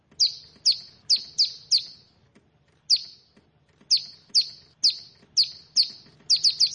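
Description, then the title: Prinia singing a quick string of high, sharp chirps, a pause broken by a single chirp, then more chirps ending in a faster burst. "Ciblek Sawah"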